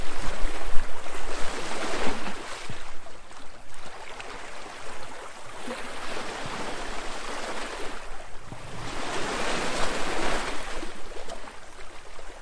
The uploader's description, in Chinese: 海浪声